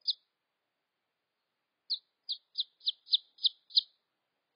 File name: tieng ga rung keu tieng ga con